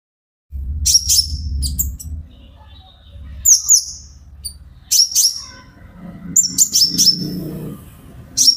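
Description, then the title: Van Hasselt's sunbird song: short, piercing high chirps and squeaky phrases over a steady low rumbling hum that swells and fades. Steady, continuous song, used as a lure and for therapy to get birds to answer and sing. "KOLIBRI NINJA KONIN IJOAN GACOR COCOK UNTUK PANCINGAN TERAPI KONIN BAHAN PASTI NYAUT"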